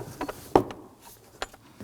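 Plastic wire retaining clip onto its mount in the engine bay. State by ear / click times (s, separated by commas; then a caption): seated / 0.6 s. A small plastic wire retaining clip that popped off during spark plug wire routing on a 2005-2009 Subaru Legacy 2.5L H4 is snapped back onto its mount in the engine bay. There are faint clicks and rustles, then a loud sharp click at 0.6 s as the clip seats, followed by another sharp tap at 1.4 s. The clip is snapped into place.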